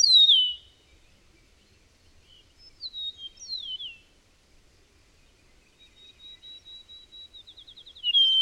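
Bird song: a loud descending whistle opening, soft slurred notes, a pause, then a rapid trill and a loud note at the end.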